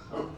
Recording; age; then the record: pig call; growing-finishing pig (85 days or more)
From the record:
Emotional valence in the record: positive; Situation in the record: run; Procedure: transit